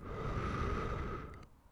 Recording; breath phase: one breath near a microphone; exhalation